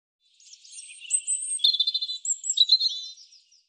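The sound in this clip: European robin delivering a high, sweet warbling phrase with fast trilled notes and thin whistles, fading at the end, on a clean, quiet background.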